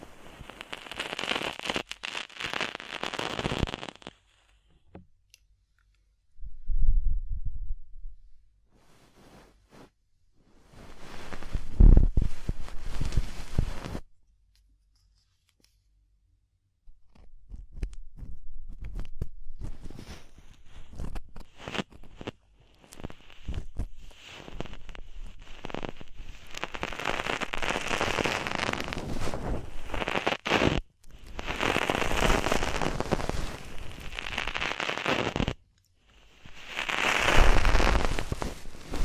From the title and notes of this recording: ASMR DEEP Ear Penetrating Cleaning (No Talking).